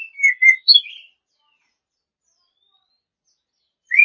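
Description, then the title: Oriental magpie-robin song, a brief burst of a few whistled and warbled notes, then long silence and a final whistle. Champion-class songbird. "Kicau Burung Kacer Juara"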